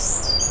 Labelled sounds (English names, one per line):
Stitchbird song